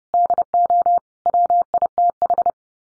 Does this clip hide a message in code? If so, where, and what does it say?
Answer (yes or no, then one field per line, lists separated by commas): yes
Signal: Morse code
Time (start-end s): 0.1-2.5 s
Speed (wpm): 30 wpm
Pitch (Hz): 700 Hz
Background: none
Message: DO WITH